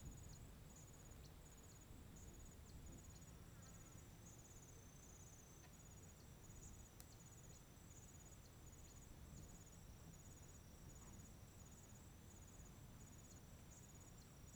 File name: Ventando nas arvores a tarde parque chapada dos veadeiros com grilos, passaros e alguns passos na grama